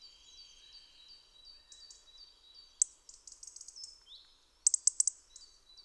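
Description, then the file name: European robin: thin high whistles at first, then a sharp note followed by a chirping run, a whistle, and a final burst of sharp notes. "Erithacus rubecula"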